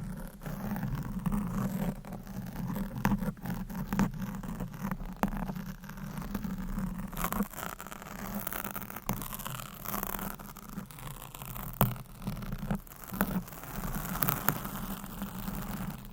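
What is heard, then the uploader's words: Mic scratching, close and constant, with a steady low rumble and frequent sharp scraping clicks and crackles throughout, busiest after seven seconds. ASMR Mic Scratching - Brain Scratching Brain Melting Asmr No Talking.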